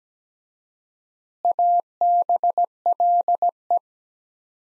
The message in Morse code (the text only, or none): ABLE